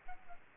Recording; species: mosquito wingbeat signal from an infrared sensor; Aedes albopictus